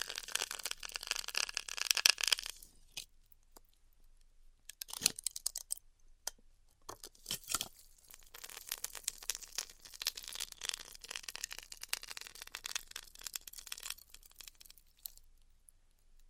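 Styrofoam being cut with a heat tool makes a dense, bright crackling and hissing, strongest in the first two and a half seconds. After a near-silent gap, bursts of crunchy sputtering return around five and seven seconds, then a steadier crackle continues to the end.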